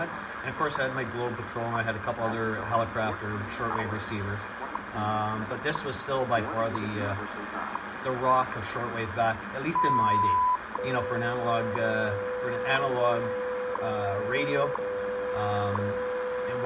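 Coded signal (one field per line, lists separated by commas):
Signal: radio time signal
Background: speech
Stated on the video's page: WWV time signal on 15 MHz, received on a Yaesu FRG-7 with an indoor loop antenna.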